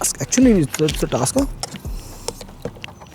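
On a Hero XPulse 210 motorcycle, someone works at the hinged plastic cover over the USB charging port and struggles to get it open. Someone talks at the start, then several small clicks follow. The latch clicks open at 2.8 s, and the cover is released.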